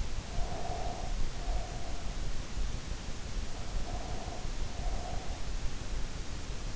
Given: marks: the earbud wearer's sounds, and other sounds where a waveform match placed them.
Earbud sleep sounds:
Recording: sounds in sleep by an in-ear microphone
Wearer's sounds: breath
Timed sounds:
0.11-2.22 s: breath
3.69-5.54 s: breath

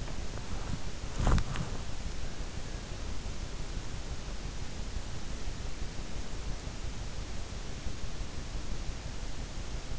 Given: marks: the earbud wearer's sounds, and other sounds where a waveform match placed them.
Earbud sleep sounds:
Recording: sounds in sleep by an in-ear microphone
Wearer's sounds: body movement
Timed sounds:
0.00-1.94 s: body movement

